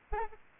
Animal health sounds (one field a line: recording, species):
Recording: mosquito wingbeat signal from an infrared sensor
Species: Aedes albopictus